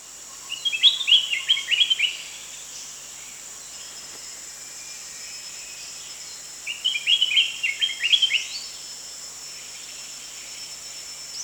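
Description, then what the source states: Spectacled bulbul giving two bursts of rapid, high chattering notes about six seconds apart, with a constant shrill insect drone throughout. Recorded at Danum on 1 January 2008.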